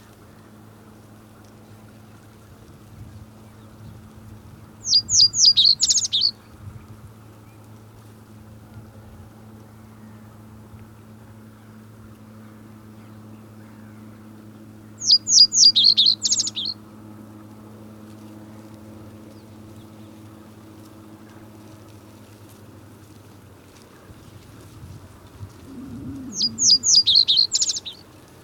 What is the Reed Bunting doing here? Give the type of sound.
song